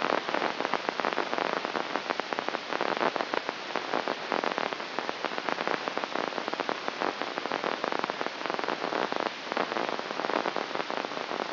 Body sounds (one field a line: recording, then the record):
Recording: brain microelectrode recording played as sound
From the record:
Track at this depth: inside the subthalamic nucleus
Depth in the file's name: 1.75 mm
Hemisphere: right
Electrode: 2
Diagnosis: Parkinson's disease